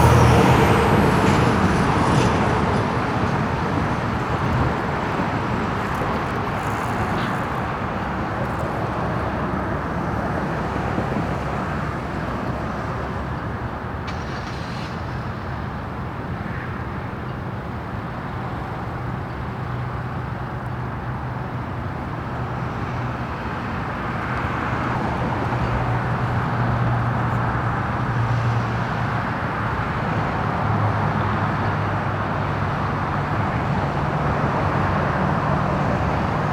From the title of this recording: A Calm Day in the Suburbs